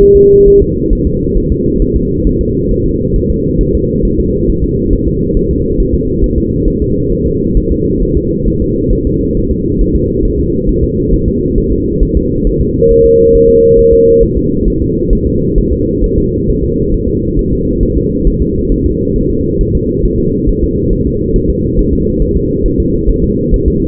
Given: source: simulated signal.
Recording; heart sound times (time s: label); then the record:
fetal heart sounds
0.02 s: S1
0.17 s: S2
0.48 s: S1
0.62 s: S2
0.93 s: S1
1.07 s: S2
1.38 s: S1
1.52 s: S2
1.82 s: S1
1.96 s: S2
2.27 s: S1
2.41 s: S2
2.71 s: S1
2.86 s: S2
3.16 s: S1
3.30 s: S2
3.61 s: S1
3.75 s: S2
4.05 s: S1
4.20 s: S2
4.50 s: S1
4.64 s: S2
4.93 s: S1
5.08 s: S2
5.37 s: S1
5.51 s: S2
5.80 s: S1
5.94 s: S2
6.24 s: S1
6.38 s: S2
6.68 s: S1
6.82 s: S2
7.12 s: S1
7.27 s: S2
7.57 s: S1
7.72 s: S2
8.03 s: S1
8.17 s: S2
8.48 s: S1
8.62 s: S2
8.93 s: S1
9.07 s: S2
9.37 s: S1
9.52 s: S2
9.81 s: S1
9.96 s: S2
10.25 s: S1
10.40 s: S2
10.69 s: S1
10.84 s: S2
11.14 s: S1
11.28 s: S2
11.58 s: S1
11.72 s: S2
12.03 s: S1
12.17 s: S2
12.47 s: S1
12.61 s: S2
12.91 s: S1
13.06 s: S2
13.35 s: S1
13.49 s: S2
13.79 s: S1
13.93 s: S2
14.23 s: S1
14.37 s: S2
14.68 s: S1
14.82 s: S2
15.13 s: S1
15.27 s: S2
15.58 s: S1
15.73 s: S2
16.04 s: S1
16.18 s: S2
16.49 s: S1
16.64 s: S2
16.94 s: S1
17.09 s: S2
17.39 s: S1
17.53 s: S2
17.83 s: S1
17.97 s: S2
18.28 s: S1
18.42 s: S2
18.72 s: S1
18.86 s: S2
19.16 s: S1
19.31 s: S2
19.61 s: S1
19.75 s: S2
20.05 s: S1
20.20 s: S2
20.49 s: S1
20.64 s: S2
20.93 s: S1
21.07 s: S2
21.36 s: S1
21.50 s: S2
21.79 s: S1
21.93 s: S2
22.22 s: S1
22.37 s: S2
22.66 s: S1
22.80 s: S2
23.10 s: S1
23.24 s: S2
23.54 s: S1
23.68 s: S2
From the record:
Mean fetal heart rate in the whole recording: 135 bpm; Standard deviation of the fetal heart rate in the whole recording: 3 bpm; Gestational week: 36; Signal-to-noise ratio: -10.2 dB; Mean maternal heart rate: 72 bpm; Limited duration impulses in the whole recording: present